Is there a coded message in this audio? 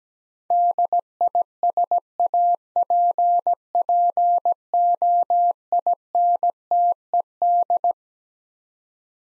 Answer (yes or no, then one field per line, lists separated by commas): yes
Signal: Morse code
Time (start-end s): 0.5-7.9 s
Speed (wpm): 17 wpm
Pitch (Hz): 700 Hz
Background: none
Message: DISAPPOINTED